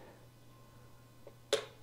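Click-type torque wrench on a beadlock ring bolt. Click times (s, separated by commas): 1.5 s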